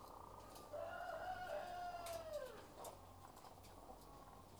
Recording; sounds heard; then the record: poultry house recording; sick chickens (respiratory disease)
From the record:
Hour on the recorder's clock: 12